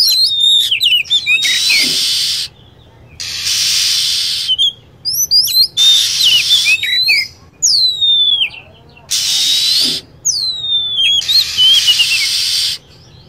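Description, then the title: Lovebird shrieks and chirps, high whistled notes dropping in pitch, interrupted repeatedly by long stretches of rough hissing noise. Lure sound used to attract lovebirds. "PIKAT BURUNG LOVEBIRD"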